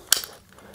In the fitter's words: until it clicks and now you're locked in and ready to